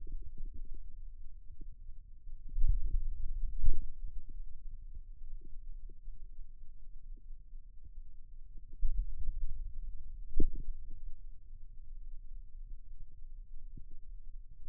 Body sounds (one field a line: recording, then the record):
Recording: forearm muscle sounds (acoustic myography)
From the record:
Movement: finger pinch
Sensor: system 2, bracelet of six BSWA MPA416 microphones around the upper forearm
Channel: 4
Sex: male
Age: 22 years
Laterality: right